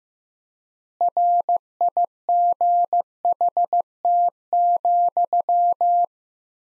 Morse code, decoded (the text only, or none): RIGHT,